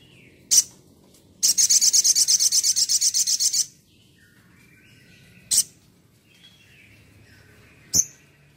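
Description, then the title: Spiderhunter song: one sharp high note, then a fast, high trill, followed by two more isolated sharp notes over a quiet low background. Masteran training audio for cage birds, Labaik variant. "Sogok Ontong Labaik"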